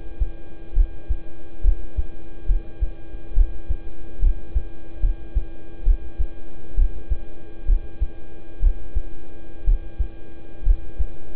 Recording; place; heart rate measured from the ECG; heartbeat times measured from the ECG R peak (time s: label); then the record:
heart sounds by stethoscope; between the tricuspid and mitral areas; 67 bpm
0.73 s: heartbeat
1.61 s: heartbeat
2.46 s: heartbeat
3.33 s: heartbeat
4.19 s: heartbeat
5.00 s: heartbeat
5.83 s: heartbeat
6.75 s: heartbeat
7.65 s: heartbeat
8.59 s: heartbeat
9.64 s: heartbeat
10.63 s: heartbeat
From the record:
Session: rest, lying down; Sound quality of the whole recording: good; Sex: male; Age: 26 years